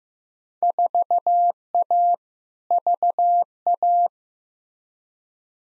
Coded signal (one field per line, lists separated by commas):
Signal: Morse code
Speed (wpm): 15 wpm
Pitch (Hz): 700 Hz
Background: none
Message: 4A VA